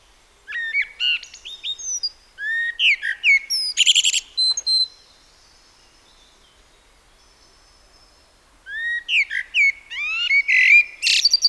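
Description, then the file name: Common blackbird giving two song phrases separated by a long silent pause, each a fluty warble mixed with sharp, high squeaky and chattering notes. "Turdus merula"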